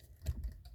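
A Teflon presser foot is lined up under the presser bar of a sewing machine and handled against it, making a few faint, short taps and clicks around 0.3, 0.4, 0.5 and 0.7 seconds. Nothing has snapped on or seated yet.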